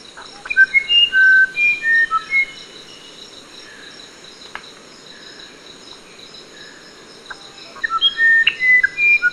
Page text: Musician Wren From British Library - wildlife sounds